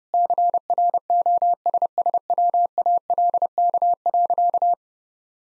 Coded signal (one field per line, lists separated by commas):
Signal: Morse code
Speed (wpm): 30 wpm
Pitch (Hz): 700 Hz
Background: none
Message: CROSSWALK.